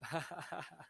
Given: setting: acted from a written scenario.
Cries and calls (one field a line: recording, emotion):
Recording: vocal sound without words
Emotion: amusement